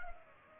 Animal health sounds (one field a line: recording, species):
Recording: mosquito wingbeat signal from an infrared sensor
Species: Culex pipiens